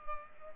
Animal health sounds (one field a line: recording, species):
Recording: mosquito wingbeat signal from an infrared sensor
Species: Culex pipiens